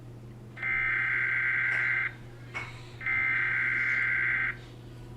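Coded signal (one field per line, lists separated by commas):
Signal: Emergency Alert System (SAME) tones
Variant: header bursts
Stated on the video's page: Alert tones in a simulated, fictional emergency alert scenario.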